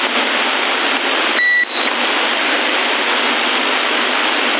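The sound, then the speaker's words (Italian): Steady, band-limited radio hiss from an open CB radio carrier in Sassari, November 2017, fills the whole stretch, briefly thinning out partway through while a short, thin tone sounds, then the even static resumes. “Grazie, avete parlato in due, manda solo portante già.”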